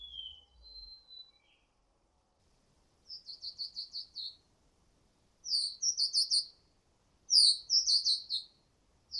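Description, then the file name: Whistling thrush sounds: a couple of thin whistles, then several bursts of rapid, repeated high chirping notes separated by short pauses. Whistled song used for luring. "suara ciung batu siul untuk memancing"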